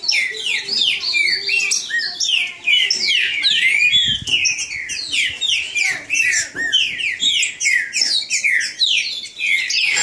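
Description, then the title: Green-winged saltator song: rich, overlapping whistled notes, mostly descending, streaming fast with hardly any silence. Bird named Nicão singing in the woods, in a song contest with a free wild bird. "Trinca Ferro NICÃ O No Mato Disputando Com Solto"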